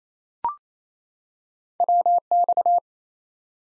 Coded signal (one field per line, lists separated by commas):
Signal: Morse code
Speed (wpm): 28 wpm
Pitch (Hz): 700 Hz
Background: none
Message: WX